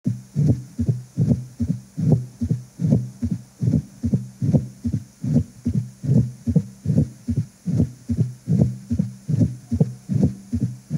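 Adult heart heard through a stethoscope: a regular, low-pitched heartbeat at about 74 beats per minute, the sound of mitral stenosis.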